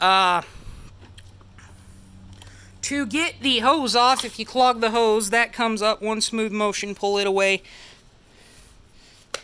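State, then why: Released. Someone talks while pulling the hose of a vacuum cleaner away in one smooth motion until it clicks at the release point at 9.4 seconds. The hose is released, and the button is then pushed so the hose comes out.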